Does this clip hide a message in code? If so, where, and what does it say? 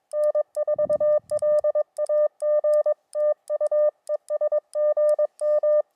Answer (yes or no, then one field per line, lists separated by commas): yes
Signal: Morse code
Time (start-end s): 0.2-5.8 s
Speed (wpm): 23 wpm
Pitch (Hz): 600 Hz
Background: none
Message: N4LAG TU ES GM